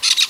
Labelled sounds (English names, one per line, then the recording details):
Brown-throated Parakeet contact call
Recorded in Venezuela
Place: Guárico; Corozopando; Fundo La Fe
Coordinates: 8.506, -67.593